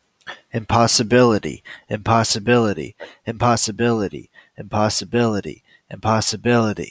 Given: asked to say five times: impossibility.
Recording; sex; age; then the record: repeated word; male; 30 to 39 years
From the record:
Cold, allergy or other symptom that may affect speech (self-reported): no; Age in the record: 31 years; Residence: California, United States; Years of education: 16